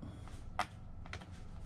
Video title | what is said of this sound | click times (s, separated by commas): Ram Upgrade, Alienware M15 Crucial RAM 32GB Kit (2x16GB) DDR4 2666 MHz CL19, CT2K16G4SFRA266 | each one's going to click that | 0.6 s